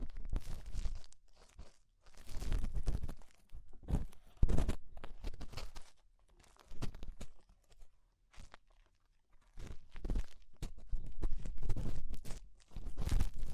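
Rhinestones and clay are scraped and pulled away in short bursts of crunchy, crackling texture, with brief silent gaps between them. The crisp, sticky peeling sounds come every second or so and vary in loudness, some sharp and bright, others softer and muffled.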